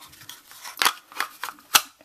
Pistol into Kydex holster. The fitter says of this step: has a little bit of a locking mechanism you can hear it click in